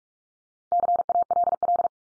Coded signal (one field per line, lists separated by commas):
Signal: Morse code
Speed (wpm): 44 wpm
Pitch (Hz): 700 Hz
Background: none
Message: CALL